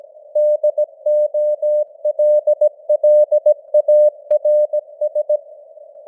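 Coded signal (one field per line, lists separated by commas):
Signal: Morse code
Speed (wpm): 17 wpm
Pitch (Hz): 600 Hz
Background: none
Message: DOLLARS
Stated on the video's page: News headlines in Morse at 17 wpm with simulated radio noise and varying signal strength (QSB).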